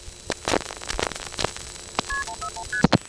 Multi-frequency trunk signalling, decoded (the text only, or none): KP141ST